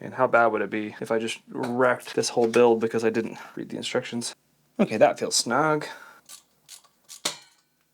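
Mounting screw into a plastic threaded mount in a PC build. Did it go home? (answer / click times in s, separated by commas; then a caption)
no / 7.3 s. Someone talks while tightening a mounting screw into a plastic threaded mount in a PC build, turning it down toward a stopping point. Right after it feels snug, a sharp crack is heard at 7.3 seconds as the plastic thread breaks and the screw strips out.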